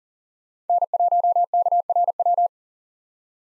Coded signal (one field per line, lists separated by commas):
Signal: Morse code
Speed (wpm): 37 wpm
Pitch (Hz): 700 Hz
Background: none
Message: N1KRW